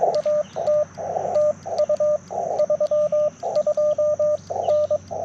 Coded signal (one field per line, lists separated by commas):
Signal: Morse code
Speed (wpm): 22 wpm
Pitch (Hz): 590 Hz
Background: radio noise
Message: AT TU 32N